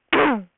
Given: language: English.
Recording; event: throat vibration sensor signal played as sound; throat clearing